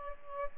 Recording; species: mosquito wingbeat signal from an infrared sensor; Aedes albopictus